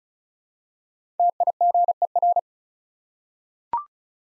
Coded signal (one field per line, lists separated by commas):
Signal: Morse code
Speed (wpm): 36 wpm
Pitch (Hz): 700 Hz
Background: none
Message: TIGER